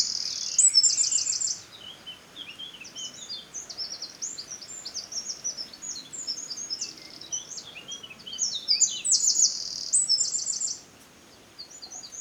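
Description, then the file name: Eurasian wren song: high, fast trilled bursts at the start and near ten seconds, linked by a jumble of quick, tinkling notes; constant soft hiss underneath. "Troglodytes troglodytes"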